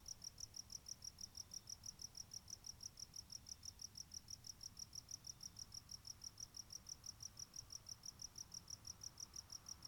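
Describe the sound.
Cricket chirping in a steady, fast rhythm of high, bright pulses, continuing without pause over a soft low rumble of background noise.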